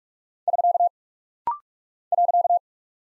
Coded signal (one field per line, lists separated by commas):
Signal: Morse code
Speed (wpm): 44 wpm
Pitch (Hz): 700 Hz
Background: none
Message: <SK> .